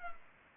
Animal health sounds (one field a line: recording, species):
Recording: mosquito wingbeat signal from an infrared sensor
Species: Culex pipiens